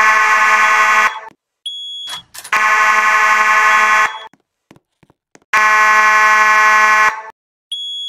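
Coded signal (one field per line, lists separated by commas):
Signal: alarm pattern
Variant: slow march time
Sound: loud buzzy fire alarm horn sounding long blasts about 1.5 seconds each with pauses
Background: faint high strobe whine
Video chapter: Slow March Time / 4:90 March Time 8:40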